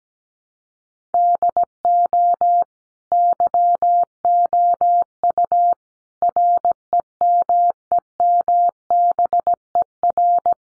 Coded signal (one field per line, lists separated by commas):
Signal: Morse code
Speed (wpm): 17 wpm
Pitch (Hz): 700 Hz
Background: none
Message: DO YOU REMEMBER